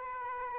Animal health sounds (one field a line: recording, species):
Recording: mosquito wingbeat signal from an infrared sensor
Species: Aedes aegypti